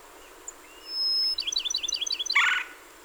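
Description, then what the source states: Bachman's sparrow song: a clear, steady high whistle followed by a quick series of slurred, rising-falling notes, then a brief harsher, lower burst at the end. Recorded 30 April 2019; a series of 27 songs.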